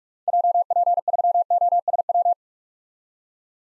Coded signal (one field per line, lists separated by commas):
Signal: Morse code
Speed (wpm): 46 wpm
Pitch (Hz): 700 Hz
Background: none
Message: JP3OSW